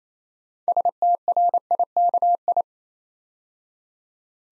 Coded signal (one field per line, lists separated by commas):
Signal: Morse code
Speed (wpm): 28 wpm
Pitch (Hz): 700 Hz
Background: none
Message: STRIKI